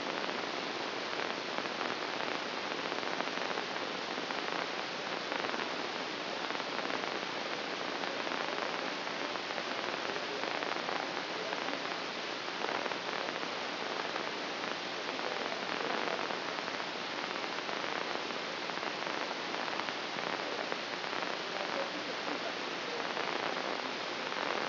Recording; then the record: brain microelectrode recording played as sound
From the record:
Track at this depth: inside the subthalamic nucleus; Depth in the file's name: 1.927 mm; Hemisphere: right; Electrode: 2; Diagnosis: Parkinson's disease